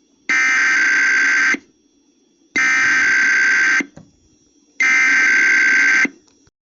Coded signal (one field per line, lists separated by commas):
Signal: Emergency Alert System (SAME) tones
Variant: header bursts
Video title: 10/26/22 Random KDKA RWT+WAHC Relay EAS#251-#252